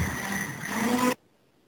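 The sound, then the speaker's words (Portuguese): A blender running inside a house whirs with a loud, steady mechanical drone and a faint rising hum for just over a second, then cuts off abruptly into silence. “Parece que ligaram um liquidificador lá dentro da casa do nosso amigo”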